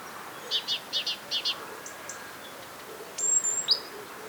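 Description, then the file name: Great tit calls: a run of paired, buzzy chip notes repeated quickly, then a pause and a high, thin whistled note with sharp downslurs. "Parus major"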